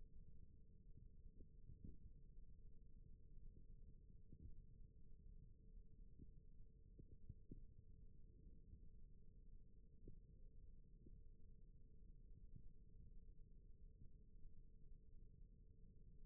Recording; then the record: forearm muscle sounds (acoustic myography)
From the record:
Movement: rest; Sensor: system 1, eight BSWA MPA416 microphones around the upper forearm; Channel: 1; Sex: male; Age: 21 years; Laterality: right